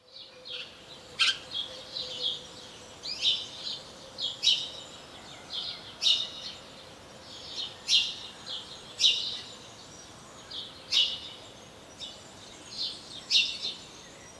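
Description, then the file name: House sparrow chattering: a series of loud, sharp chirps about every second, mixed with softer twitters. "Passer domesticus"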